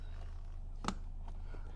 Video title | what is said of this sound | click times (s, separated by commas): Is Tesstudio Tesla BSD Blind Spot Ambient Light Worth Buying? | I heard a good click. Good click. | 0.9 s